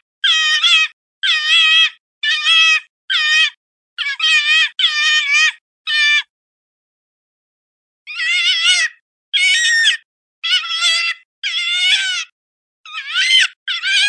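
Fox whining calls, bouts of short wavering harmonic cries in quick series, a two-second silence, then another run of cries.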